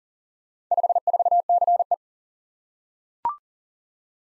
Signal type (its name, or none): Morse code